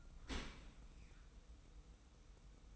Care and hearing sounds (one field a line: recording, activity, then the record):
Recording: daily activity, microphone in the room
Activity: open dishwasher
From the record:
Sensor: 1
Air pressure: 990.5 hPa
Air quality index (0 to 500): 178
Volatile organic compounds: 1000 ppm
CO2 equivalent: 6555 ppm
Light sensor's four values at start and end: 24/57/24/26 and 24/57/24/26